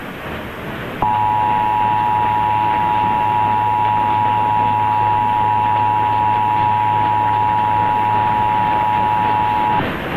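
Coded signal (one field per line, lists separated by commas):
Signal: Emergency Alert System (SAME) tones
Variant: 853 and 960 Hz attention tone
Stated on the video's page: Required monthly test SAME tones broadcast on an AM radio station.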